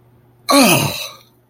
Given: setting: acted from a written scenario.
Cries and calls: vocal sound without words; realization

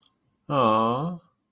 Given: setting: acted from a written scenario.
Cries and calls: vocal sound without words; sympathy

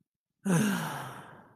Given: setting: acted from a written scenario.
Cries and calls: vocal sound without words; anger

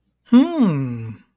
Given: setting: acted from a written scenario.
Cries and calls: vocal sound without words; interest

